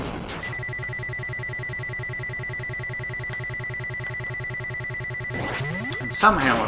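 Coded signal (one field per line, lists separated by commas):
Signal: none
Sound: game's sound effect beeps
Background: speech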